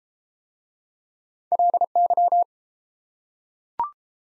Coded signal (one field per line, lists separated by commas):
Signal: Morse code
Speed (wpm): 31 wpm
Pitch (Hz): 700 Hz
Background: none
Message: LY